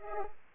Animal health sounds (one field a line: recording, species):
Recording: mosquito wingbeat signal from an infrared sensor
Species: Culex pipiens